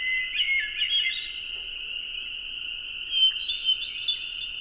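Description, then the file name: Hermit thrush song: two short phrases of tangled, flute-like high notes about three seconds apart, over a steady, piercing high drone that runs throughout. Recorded at dusk; song accompanied by calls. "hermit thrush dusk with calls"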